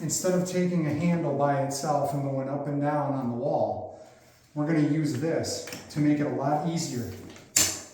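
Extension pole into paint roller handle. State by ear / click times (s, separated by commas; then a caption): seated / 7.6 s. Someone talks while fitting a telescoping Wooster Sherlock extension pole into the handle of a paint roller. A short, sharp mechanical click at 7.6 seconds marks the pole locking straight into the handle.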